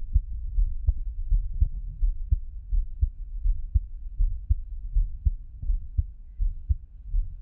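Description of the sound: Soft, deep thumps repeat at about 82 a minute in a steady pattern, with a faint low hum underneath. It is an adult's heartbeat heard up close, with no other sounds and no talking.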